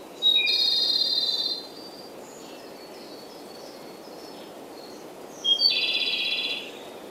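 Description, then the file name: Japanese robin singing two phrases, each a brief clear note followed by a rapid, buzzy high trill of about a second, separated by roughly four seconds of quiet hiss. "komadori"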